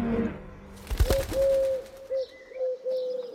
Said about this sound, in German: Was ist das für ein Vogel, dieses Huhu? Wecker auch da. Das sind wilde Tauben. Tauben?